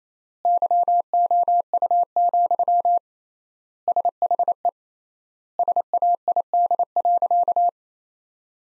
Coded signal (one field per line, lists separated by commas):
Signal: Morse code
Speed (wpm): 28 wpm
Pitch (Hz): 700 Hz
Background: none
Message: YOU, SHE SAID.